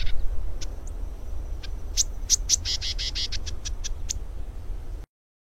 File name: canto do canario do brejo